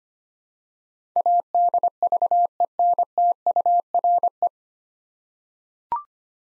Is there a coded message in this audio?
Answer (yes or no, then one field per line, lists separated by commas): yes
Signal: Morse code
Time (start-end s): 1.2-4.5 s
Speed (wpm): 25 wpm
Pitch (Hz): 700 Hz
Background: none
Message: ADVENTURE